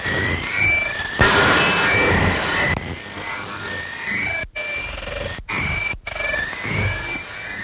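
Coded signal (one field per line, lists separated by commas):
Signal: numbers station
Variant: Backwards Music Station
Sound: eerie warbling, reversed-sounding tones over harsh hiss, with a loud noise burst and short cutouts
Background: radio static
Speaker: The difference between this numbers station and most others is that it never plays any voice messages, just endless, hellish noises.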